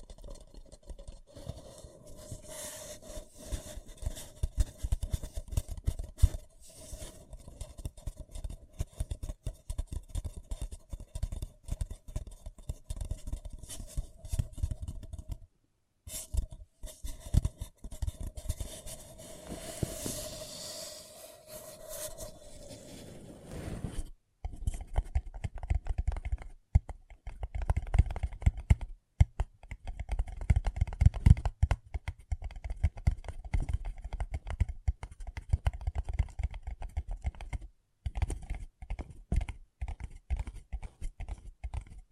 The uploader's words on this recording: ASMR Deeply Relaxing Paper Cup Tingles 1 Hr (No Talking).